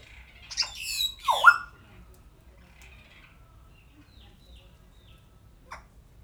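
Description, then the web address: Grey parrot giving two harsh squawks in quick succession, the second dropping in pitch, followed by faint scattered chirps and one short call near the end. Captive parrot recorded at a zoo in Szeged, Hungary, in 2011. "szegedizoo. jakopapagaj"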